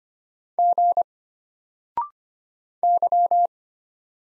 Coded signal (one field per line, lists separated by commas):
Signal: Morse code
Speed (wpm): 25 wpm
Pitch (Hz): 700 Hz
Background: none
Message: G Y